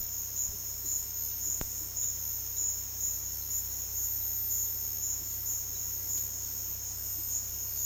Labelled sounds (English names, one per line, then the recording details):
none
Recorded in dense forest near Puerto Asís, Putumayo, Colombia, on 18 February 2024 at 13:00
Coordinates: 0.485, -76.322
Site G6406